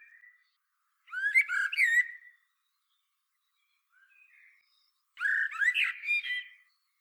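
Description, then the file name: Common blackbird singing two rich, flutelike phrases about four seconds apart, each mixed with thin, scratchy twitters; mostly quiet between them. "Turdus merula"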